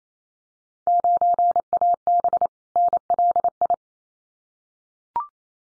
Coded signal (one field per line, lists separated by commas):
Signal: Morse code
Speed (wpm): 28 wpm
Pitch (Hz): 700 Hz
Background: none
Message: 9AB NLI